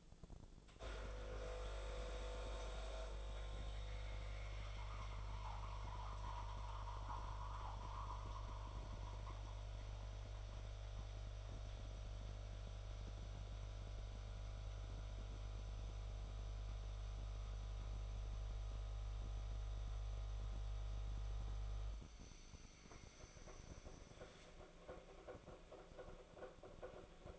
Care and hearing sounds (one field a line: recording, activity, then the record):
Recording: daily activity, microphone in the room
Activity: make coffee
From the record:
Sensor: 5